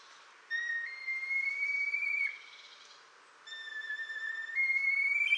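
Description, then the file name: Red kite calling with two long, clear whistles, each stepping up in pitch and then held, the second running on to the end. "kaniaruda"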